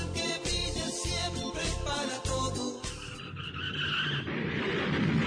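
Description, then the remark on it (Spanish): Harsh, pulsing tire squeals from a skidding car fill the first three seconds, then give way to a loud, rough burst of crashing noise that lingers as a grinding rumble. “¡Uy! ¡Mirá cómo quedó el auto! Perdóname, fue mi culpa.”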